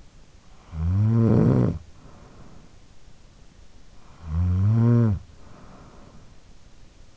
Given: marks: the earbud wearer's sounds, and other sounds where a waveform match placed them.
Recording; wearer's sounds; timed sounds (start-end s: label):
sounds in sleep by an in-ear microphone; snoring breath
0.00-3.03 s: snoring breath
3.77-6.50 s: snoring breath